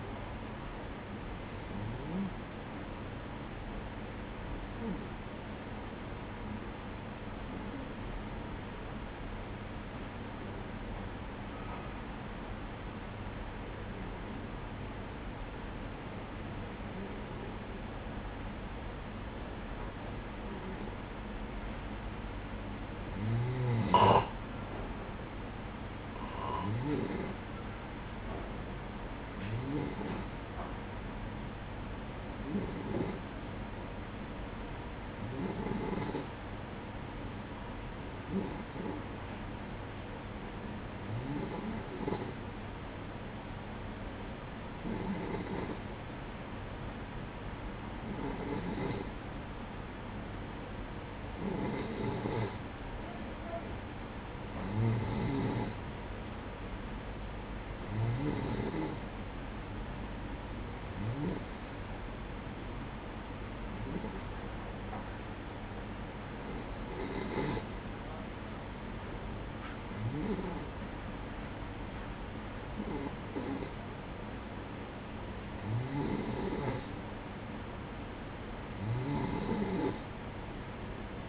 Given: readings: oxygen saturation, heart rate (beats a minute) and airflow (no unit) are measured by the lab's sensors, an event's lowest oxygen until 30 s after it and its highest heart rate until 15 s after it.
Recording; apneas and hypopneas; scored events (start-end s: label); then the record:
breathing in sleep by a voice recorder at the bedside; 2
5.00-23.20 s: hypopnea (N2, oxygen 95% highest, then 93% lowest, heart rate 65 at the start, 65 highest)
30.00-55.40 s: hypopnea (N2, oxygen 96% highest, then 92% lowest, heart rate 62 at the start, 64 highest)
From the record:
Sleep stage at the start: N2 (light sleep); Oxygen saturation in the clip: 92 to 96%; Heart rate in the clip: 58 to 68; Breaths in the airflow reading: 26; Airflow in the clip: -9.4 to 8.9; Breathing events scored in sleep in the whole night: 180 in 6.7 hours asleep